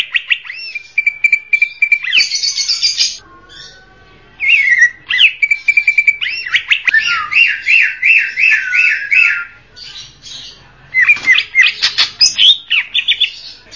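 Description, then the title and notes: Greater green leafbird song: varied phrases with steady whistled notes, rapid repeated buzzy trills and harsh chattering bursts, broken by short pauses. "Kicau Burung Cucak Ijo Juara. Suara kicauan burung cucak ijo"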